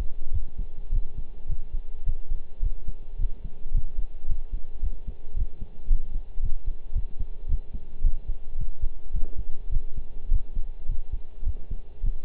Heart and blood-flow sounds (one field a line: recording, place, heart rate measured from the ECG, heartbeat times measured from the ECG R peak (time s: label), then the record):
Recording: heart sounds by stethoscope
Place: between the tricuspid and mitral areas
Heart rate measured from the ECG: 108 bpm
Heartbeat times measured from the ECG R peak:
0.33 s: heartbeat
0.92 s: heartbeat
1.49 s: heartbeat
2.06 s: heartbeat
2.62 s: heartbeat
3.19 s: heartbeat
3.74 s: heartbeat
4.29 s: heartbeat
4.82 s: heartbeat
5.36 s: heartbeat
5.90 s: heartbeat
6.43 s: heartbeat
6.95 s: heartbeat
7.49 s: heartbeat
8.04 s: heartbeat
8.58 s: heartbeat
9.14 s: heartbeat
9.71 s: heartbeat
10.31 s: heartbeat
10.89 s: heartbeat
11.46 s: heartbeat
12.03 s: heartbeat
From the record:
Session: pedaling a stationary bicycle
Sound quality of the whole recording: partially saturated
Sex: male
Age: 23 years